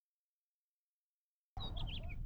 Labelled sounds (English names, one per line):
House Finch song